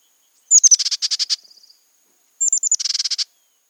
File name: Bridled Titmouse